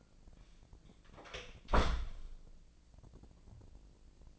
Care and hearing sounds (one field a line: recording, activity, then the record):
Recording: daily activity, microphone in the room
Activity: close door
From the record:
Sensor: 5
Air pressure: 1012.5 hPa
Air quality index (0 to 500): 160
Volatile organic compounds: 2 ppm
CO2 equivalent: 1090 ppm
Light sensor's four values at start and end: 276/670/282/310 and 270/654/275/302